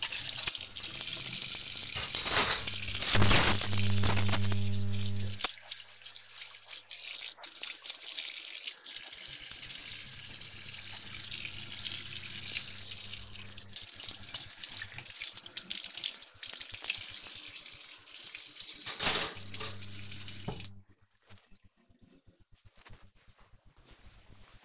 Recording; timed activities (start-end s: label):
household activities, microphone on the right wrist
0.00-20.23 s: washing dishes